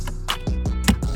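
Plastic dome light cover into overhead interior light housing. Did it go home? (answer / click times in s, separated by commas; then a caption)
no / none. A plastic dome light cover is handled against the overhead interior light housing of a 2011-2021 Jeep Grand Cherokee after an LED bulb swap from a Diode Dynamics interior LED kit. Over a steady tonal background, brief handling knocks and scrapes come at about 0.3 s, 0.9 s and 1.2 s. The clip ends before the cover snaps home, so nothing has seated yet.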